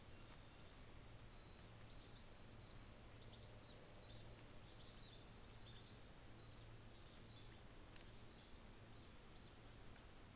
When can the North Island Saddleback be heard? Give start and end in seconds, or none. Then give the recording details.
none. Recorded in New Zealand on 24 December 2018. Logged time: 13:35